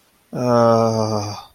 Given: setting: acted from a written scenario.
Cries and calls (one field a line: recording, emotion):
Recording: vocal sound without words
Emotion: guilt